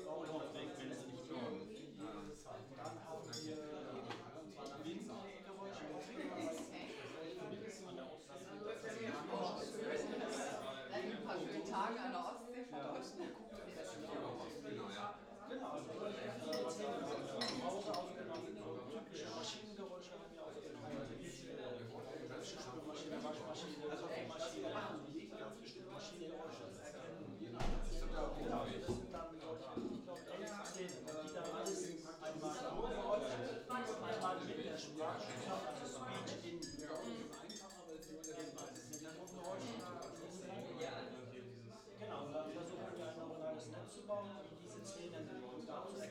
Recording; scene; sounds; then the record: everyday scene through a hearing-aid microphone; many people talking; many voices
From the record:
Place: bistro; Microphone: in the ear canal, left